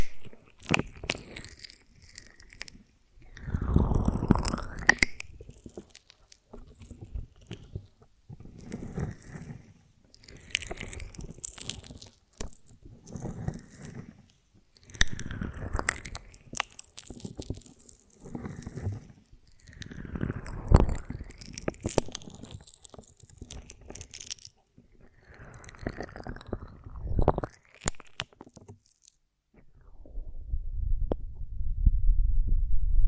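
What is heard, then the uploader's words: Honeycomb on a branch being bitten and chewed, with sticky crunches and wet tearing sounds. Louder bites land every few seconds, near 4, 15, 20 and 27 seconds, with quieter chewing between. A low, dull rumble swells near the end. ASMR of a Honeycomb on Branch (No Talking).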